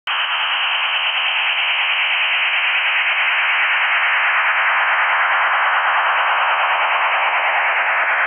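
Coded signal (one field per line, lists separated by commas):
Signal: HF data modem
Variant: STANAG 4285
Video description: Tuning PSK signal, decoding Stanag 4285 (text message)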